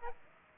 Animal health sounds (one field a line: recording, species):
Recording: mosquito wingbeat signal from an infrared sensor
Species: Aedes aegypti